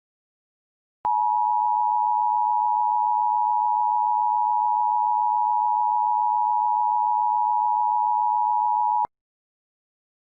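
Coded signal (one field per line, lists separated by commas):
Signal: Emergency Alert System (SAME) tones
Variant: 853 and 960 Hz attention tone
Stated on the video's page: Mock Blizzard Warning for South Dakota; simulated alert.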